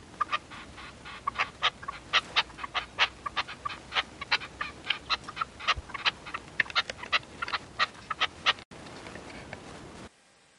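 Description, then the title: Partridge or tinamou song: a steady run of harsh, scratchy notes over a constant hiss. "Canto de Perdiz"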